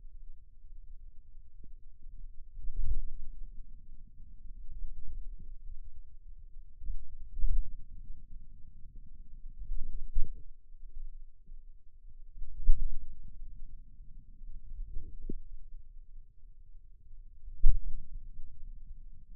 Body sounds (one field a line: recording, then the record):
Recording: forearm muscle sounds (acoustic myography)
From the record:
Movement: pen grasping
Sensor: system 2, bracelet of six BSWA MPA416 microphones around the upper forearm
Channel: 6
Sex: male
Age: 22 years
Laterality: right